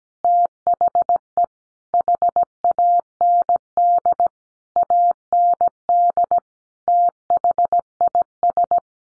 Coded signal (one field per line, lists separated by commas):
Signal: Morse code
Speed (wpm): 17 wpm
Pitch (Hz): 700 Hz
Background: none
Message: THE HAND AND THIS